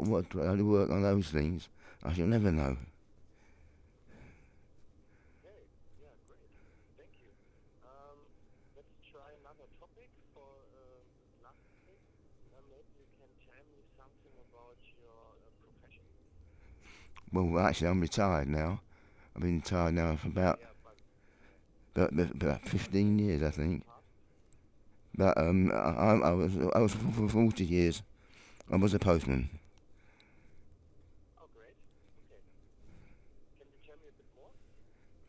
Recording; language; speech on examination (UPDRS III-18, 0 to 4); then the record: conversation on a phone call; English; 1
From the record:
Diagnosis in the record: Parkinson's disease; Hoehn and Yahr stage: 4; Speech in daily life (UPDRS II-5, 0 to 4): 1